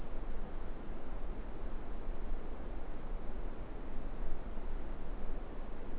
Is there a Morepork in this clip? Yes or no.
no